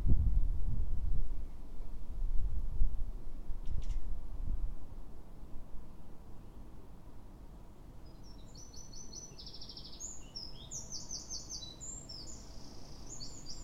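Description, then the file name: Eurasian wren song: after a rumbly, noisy start, a quick high trilling phrase begins in the second half and rattles on to the end. "Troglodytes troglodytes"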